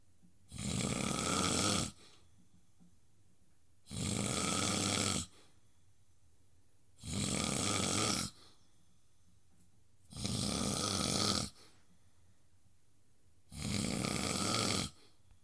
Loud Snoring.